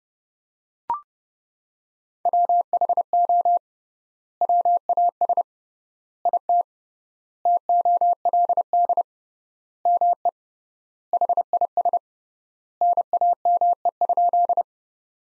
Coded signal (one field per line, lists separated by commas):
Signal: Morse code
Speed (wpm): 32 wpm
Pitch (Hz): 700 Hz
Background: none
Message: WHO WAS IT TOLD ME HIS NAME?